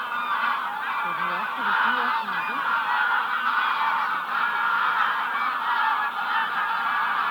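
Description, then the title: Goose: geese calling together, a thick unbroken mass of nasal honks, with some lower wavering calls early on. "gansos"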